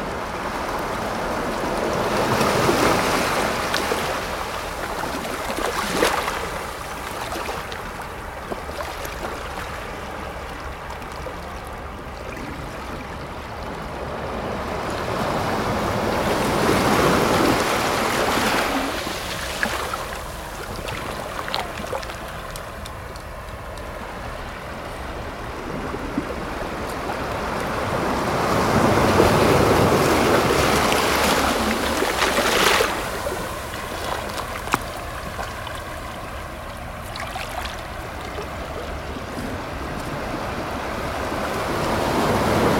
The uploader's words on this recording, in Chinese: 海のおすそわけ/波音。